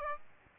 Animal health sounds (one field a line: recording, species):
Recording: mosquito wingbeat signal from an infrared sensor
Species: Aedes aegypti